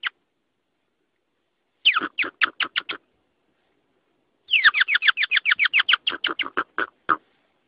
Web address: aswat Wabbar 01